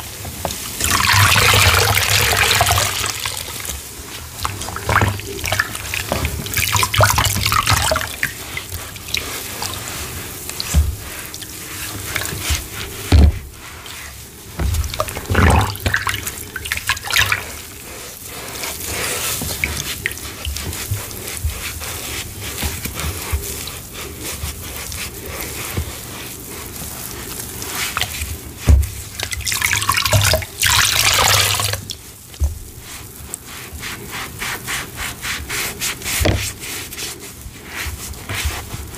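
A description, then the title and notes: A sponge is squeezed and rinsed under running water, with splashy gushes and wet squelches coming in bursts, strongest near the start and around the half-minute mark. A low steady hum sits underneath, and dripping, sloshing sounds fill the quieter stretches. Black & Yellow Sponge Rinse. Washing Away Black Iron Oxide Glitter Paste. ASMR Sponge Squeezing and Rinsing Sounds.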